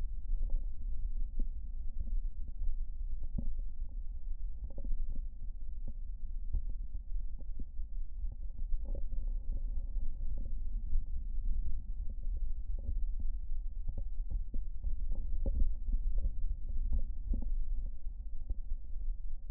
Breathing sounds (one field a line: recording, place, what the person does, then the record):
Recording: lung sounds by stethoscope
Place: left anterior apical chest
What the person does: quiet breathing, then deep breathing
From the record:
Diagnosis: COPD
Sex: male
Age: 65 years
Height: 162 cm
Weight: 67.8 kg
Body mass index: 25.8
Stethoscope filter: diaphragm mode